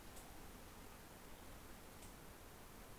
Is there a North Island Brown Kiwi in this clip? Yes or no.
no